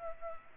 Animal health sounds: mosquito wingbeat signal from an infrared sensor; Culex pipiens

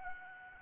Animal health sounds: mosquito wingbeat signal from an infrared sensor; Aedes albopictus

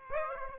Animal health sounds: mosquito wingbeat signal from an infrared sensor; Aedes aegypti

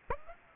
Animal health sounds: mosquito wingbeat signal from an infrared sensor; Aedes aegypti

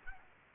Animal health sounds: mosquito wingbeat signal from an infrared sensor; Aedes albopictus

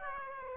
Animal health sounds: mosquito wingbeat signal from an infrared sensor; Aedes aegypti

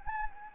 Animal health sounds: mosquito wingbeat signal from an infrared sensor; Anopheles gambiae

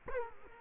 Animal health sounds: mosquito wingbeat signal from an infrared sensor; Culex quinquefasciatus

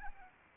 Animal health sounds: mosquito wingbeat signal from an infrared sensor; Anopheles arabiensis

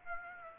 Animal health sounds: mosquito wingbeat signal from an infrared sensor; Aedes aegypti

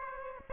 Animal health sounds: mosquito wingbeat signal from an infrared sensor; Aedes aegypti

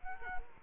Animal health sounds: mosquito wingbeat signal from an infrared sensor; Culex quinquefasciatus

